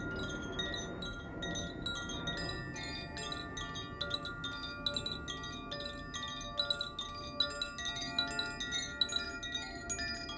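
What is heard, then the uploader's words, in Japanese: Water and fire element chimes ring in dense, overlapping strikes, bright sustained tones layering throughout, with a soft low rumble underneath. コシチャイム #ザフィアチャイム。水と火のエレメントのチャイムを奏でました。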